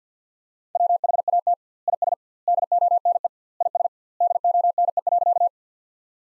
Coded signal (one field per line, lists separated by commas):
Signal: Morse code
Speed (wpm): 50 wpm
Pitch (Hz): 700 Hz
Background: none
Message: WHAT IS DONE IS DONE.